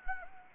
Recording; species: mosquito wingbeat signal from an infrared sensor; Anopheles gambiae